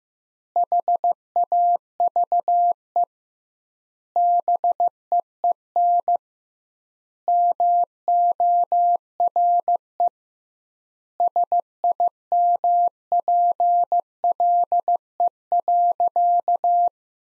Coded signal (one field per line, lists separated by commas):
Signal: Morse code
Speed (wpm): 15 wpm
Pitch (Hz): 700 Hz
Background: none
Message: HAVE BEEN MORE SIMPLE.